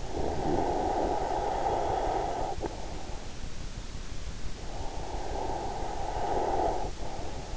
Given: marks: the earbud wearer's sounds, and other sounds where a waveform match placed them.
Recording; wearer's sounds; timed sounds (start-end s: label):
sounds in sleep by an in-ear microphone; snoring breath
0.10-2.94 s: snoring breath
5.27-7.57 s: snoring breath